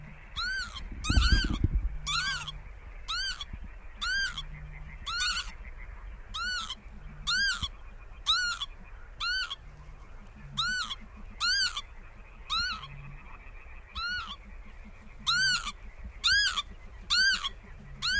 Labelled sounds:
Northern Lapwing (Vanellus vanellus) flight call
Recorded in the wild
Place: Warsow, Kummerower See, Mecklenburg-Vorpommern, DE
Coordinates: 53.8367, 12.8269
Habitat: grasland
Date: 2009-05-25 22:27
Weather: clear sky, ca. 15°C, weak easterly winds
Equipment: Sound Devices 702, Sennheiser MKH 70, Rycote Windschutz
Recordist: Frommolt, Karl-Heinz

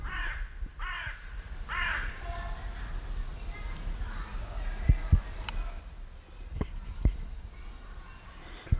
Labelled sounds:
Carrion Crow (Corvus corone) call
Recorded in the wild
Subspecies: corone
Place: Gößweinstein, Fränkische Schweiz, Bayern, DE
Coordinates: 49.72, 11.07
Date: 1995-09-11 10:45
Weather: sunny, 19°C
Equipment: Nagra SN, Sennheiser ME 80, Kopie Uher 4000 Report Monitor
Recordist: Tembrock, Günter
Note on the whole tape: Rabenkrähe (C.c. corone): Rufe

